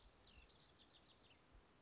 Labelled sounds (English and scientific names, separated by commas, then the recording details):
House Wren (Troglodytes aedon)
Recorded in Sonoma County, California